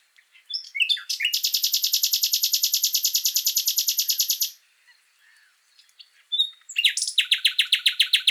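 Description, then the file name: Common nightingale: a few quick notes lead into a sustained rapid rattle of over three seconds, then a brief pause and a run of strident repeated notes. "Luscinia megarhynchos"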